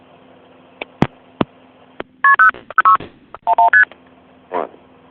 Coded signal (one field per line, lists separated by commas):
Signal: multi-frequency trunk signalling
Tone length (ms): 110 ms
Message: KP006 11ST